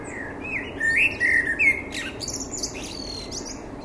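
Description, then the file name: Common blackbird song: a low, fluting warbled phrase, then a burst of thin, high squeaky twittering trailing off over the following seconds. "Turdus merula"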